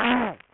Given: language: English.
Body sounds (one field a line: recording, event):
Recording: throat vibration sensor signal played as sound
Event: throat clearing